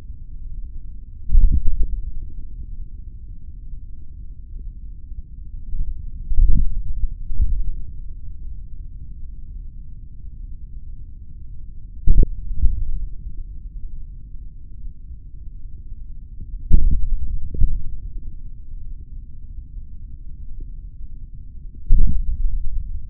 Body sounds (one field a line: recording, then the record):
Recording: forearm muscle sounds (acoustic myography)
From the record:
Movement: tripod grip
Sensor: system 3, bracelet of six PUI Audio POM-2738L microphones around the upper forearm, with dedicated amplification and filtering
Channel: 1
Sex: male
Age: 26 years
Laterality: right